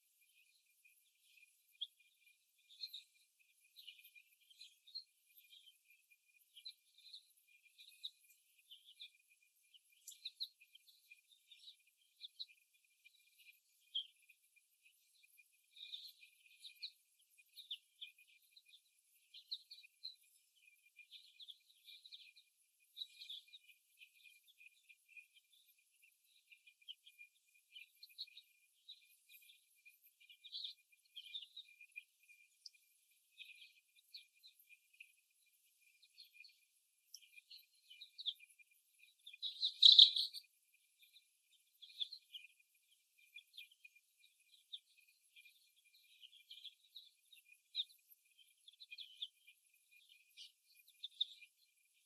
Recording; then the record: young laying hens in a cage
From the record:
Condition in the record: before the stressor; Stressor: simulated dog barking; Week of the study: 1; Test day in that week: 1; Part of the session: 3